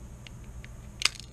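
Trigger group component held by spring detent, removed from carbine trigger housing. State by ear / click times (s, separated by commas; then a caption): released / 1.1 s. A part is pulled out of the metal trigger group of a Ruger PC Carbine while a hand covers it so the spring-loaded detent does not fly off. Faint ticks come at 0.3 s and 0.7 s, then a sharp pop at 1.1 s as the detent rides over the two small grooves, followed by a lighter tick at 1.2 s. The part is released, popping out past the detent.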